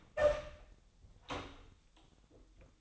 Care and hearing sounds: daily activity, microphone in the room; open door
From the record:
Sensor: 3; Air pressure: 1007.1 hPa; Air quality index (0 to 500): 205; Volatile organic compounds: 18 ppm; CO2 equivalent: 2625 ppm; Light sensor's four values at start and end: 12/27/11/11 and 12/27/11/11

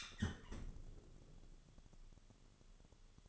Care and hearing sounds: daily activity, microphone in the room; close fridge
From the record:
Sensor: 4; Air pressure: 1008.6 hPa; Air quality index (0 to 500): 73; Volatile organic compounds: 1 ppm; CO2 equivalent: 627 ppm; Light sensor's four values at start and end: 16/36/15/15 and 16/36/15/15

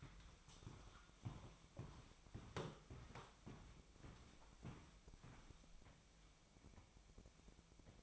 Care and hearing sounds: daily activity, microphone in the room; walk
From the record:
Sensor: 1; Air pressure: 1001.6 hPa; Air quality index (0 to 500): 222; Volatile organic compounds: 30 ppm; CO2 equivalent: 2962 ppm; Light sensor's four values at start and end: 9/32/11/13 and 9/33/12/13

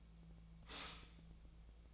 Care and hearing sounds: daily activity, microphone in the room; stop toaster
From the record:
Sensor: 1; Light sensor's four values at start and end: 27/70/29/35 and 27/70/29/34

